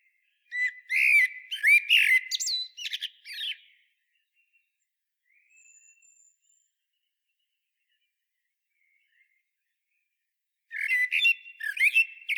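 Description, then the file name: Eurasian blackbird delivering a long twittering, chattering phrase, a long quiet gap with faint thin notes, then another busy twittering burst. "Turdus merula"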